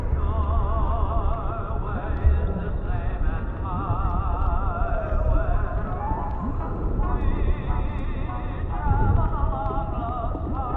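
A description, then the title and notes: Muffled oldies music plays as if heard underwater, its wavering melody lines smeared and wobbling throughout. A heavy, murky low rumble sits underneath, and everything above the midrange is cut off, leaving a dull, closed-in sound at a steady level. Oldies music playing underwater in City.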